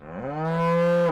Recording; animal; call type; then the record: contact call of a hoofed animal; cattle; low-frequency (closed-mouth) or high-frequency (open-mouth) call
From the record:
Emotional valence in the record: negative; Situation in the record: full separation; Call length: 1.12 s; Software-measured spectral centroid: 1490 Hz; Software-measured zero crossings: 1150 a second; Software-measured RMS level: -23 dBFS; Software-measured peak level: -16 dBFS